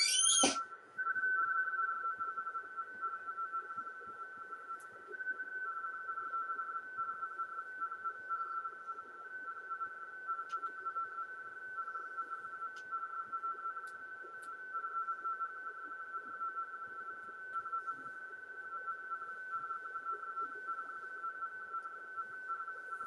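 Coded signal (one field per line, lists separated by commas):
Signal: RTTY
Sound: brief whistle chirp, then continuous rapid warbling between two close tones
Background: radio static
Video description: a screen capture of the free Airlink Express software decoding a RTTY (Radio Teletype) transmission on 40 meters. The message is a bulletin from the ARRL headquarters W1AW.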